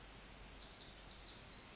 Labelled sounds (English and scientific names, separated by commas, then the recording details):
Pacific Wren (Troglodytes pacificus)
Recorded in Sonoma County, California